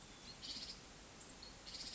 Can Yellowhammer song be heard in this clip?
no